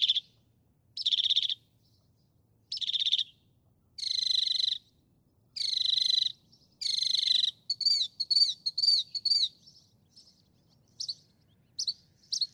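Northern mockingbird song of harsh, buzzy phrases repeated several times, then a fast twittering series and scattered sharp notes.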